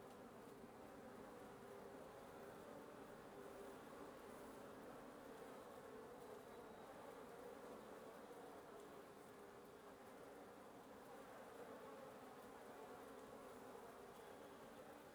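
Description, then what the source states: Wasp nest buzzing, a constant droning hum of many insects without pause. Wasp nest under the roof of a residence at 1a Avenida Norte 19, Antigua Guatemala, Guatemala; recorded in the morning; headphone listening recommended.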